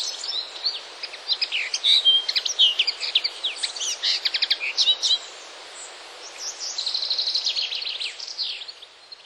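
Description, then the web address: Common linnet song, a long twittering run of quick chirps and trills, pausing briefly before a faster trill near the end. "wroblowe kolekcja makolagwa"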